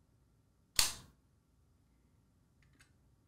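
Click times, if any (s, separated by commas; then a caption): 0.8 s. A plastic CGM sensor applicator for a FreeStyle Libre 2, pressed up against the back of the upper arm, fires the glucose sensor into place with one sharp click at 0.8 s. The click fades over about a quarter second, followed by faint light ticks near 2.8 and 3.4 s. The sensor is seated.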